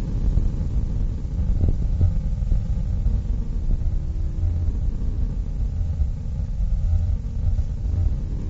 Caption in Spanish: Ondas delta, que son las típicas del sueño profundo. Estas señales eléctricas se pueden convertir fácilmente en audio. Son ondas muy graves. Las dos grabaciones anteriores corresponden al cerebro de un artista.